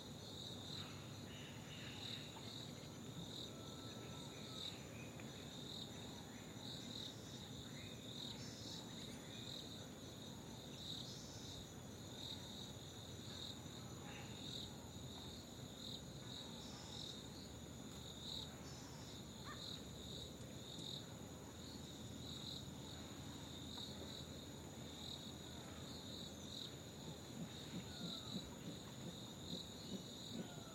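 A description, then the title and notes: Crickets chirp in a steady, dense, high pulsing band through the forest, over a low continuous rustle and faint scattered bird calls. It is very early in the morning, but you can start to feel that it will be a hot day. The crickets are chirping, creating a constant melody in the forest, birds are calling and moving around the trees and a gentle breeze hits the leaves.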